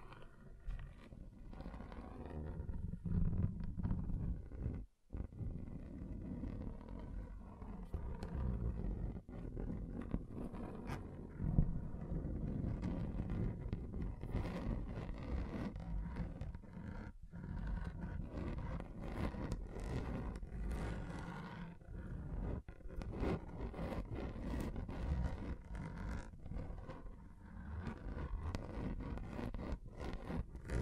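Scratching across a table, a continuous rough scraping with a heavy low rumble and grainy texture throughout. Sharp clicks and brief catches punctuate it irregularly, with a near-silent break around five seconds and dips near nine and seventeen seconds.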